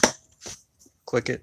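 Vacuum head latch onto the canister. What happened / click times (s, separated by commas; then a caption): The vacuum head latch snapped shut / 0.0 s. A Bosch 18 volt wet/dry vac's head is put onto the canister and its latch clicks shut with one sharp snap at 0.0 s. Someone talks in short bursts afterward. The vacuum head is latched in place.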